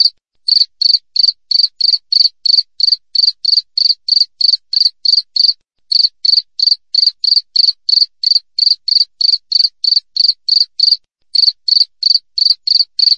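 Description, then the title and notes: Cricket sounds, a long regular series of shrill pulsed chirps at around three per second, pausing briefly now and then. Clear natural cricket sound with tightly spaced chirps, intended as a master recording for training songbirds and for repelling rats. "Masteran Jangkrik Alam Jernih, Jeda Rapat Cocok Untuk Masteran Burung Dan Mengusir Tikus. suara jangkrik"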